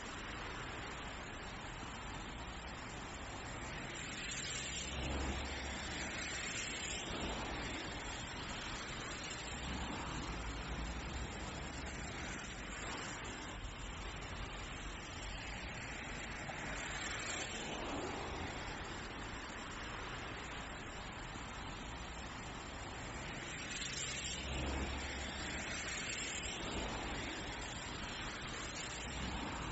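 Outdoor nature sound: a dense, steady rushing wash fills the whole half minute with little change in level. Low rumbling swells rise beneath it around five, ten and twenty-five seconds, with faint brighter flickers drifting through the hiss.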